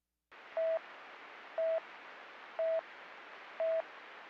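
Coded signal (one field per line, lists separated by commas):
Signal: none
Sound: radio talk-permit beeps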